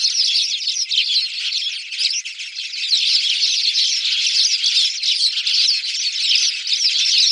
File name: spanish sparrow